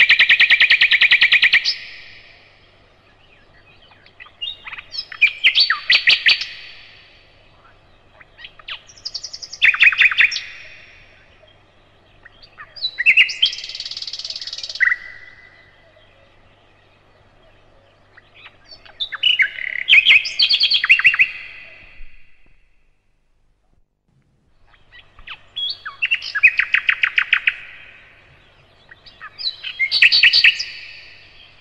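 A bird sings in repeated bright, warbling phrases, each lasting one to two seconds, with short pauses between them, about every three to five seconds. The song is clear, set against a quiet background with a faint low hum.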